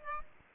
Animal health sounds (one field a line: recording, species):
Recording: mosquito wingbeat signal from an infrared sensor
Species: Aedes aegypti